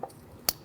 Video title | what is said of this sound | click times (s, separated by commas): How to Replace Intake Manifold Runner Control Bushing 1994-2004 Ford Mustang 3.8L V6 | Press it on, you can feel it and hear that one snap into place. | 0.5 s